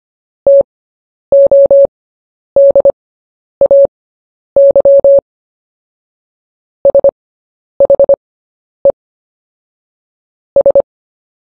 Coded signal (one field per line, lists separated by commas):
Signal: Morse code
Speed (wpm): 25 wpm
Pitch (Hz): 560 Hz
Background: none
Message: TODAY SHE S